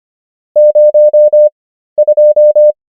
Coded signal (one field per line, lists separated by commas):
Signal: Morse code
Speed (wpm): 25 wpm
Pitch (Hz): 600 Hz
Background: none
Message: 02